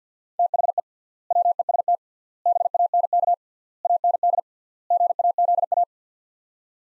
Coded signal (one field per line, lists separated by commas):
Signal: Morse code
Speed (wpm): 50 wpm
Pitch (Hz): 700 Hz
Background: none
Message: THE WEST BANK AND GAZA